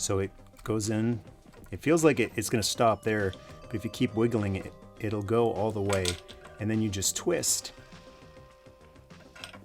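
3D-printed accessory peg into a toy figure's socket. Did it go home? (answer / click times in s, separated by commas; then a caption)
yes / 9.4 s. A 3D-printed custom accessory peg is pushed into a toy figure's socket, wiggled past the point where it seems to stop until it goes all the way in, then twisted to lock while someone talks. Two short clicks are heard at 9.4 s and 9.4 s near the end as the part locks securely into place.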